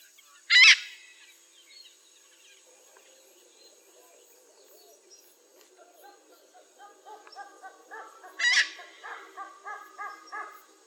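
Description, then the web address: Eclectus parrot giving two loud, harsh, screeching calls about eight seconds apart, with softer chattering bird notes between and after them. Heard in Indonesia. "ULM-DS-Lab indonesian-bird-sounds. Eclectus roratus"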